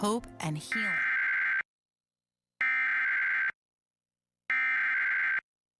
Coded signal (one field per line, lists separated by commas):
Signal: Emergency Alert System (SAME) tones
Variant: header bursts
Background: speech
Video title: Fire Warnings for Imperial, CA (EAS #1428-#1429)